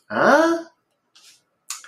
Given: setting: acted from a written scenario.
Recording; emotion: vocal sound without words; confusion